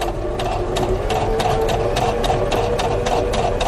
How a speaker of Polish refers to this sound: I dla nich ten dźwięk maszyny do szycia codziennie będzie oznaczał sukces w życiu.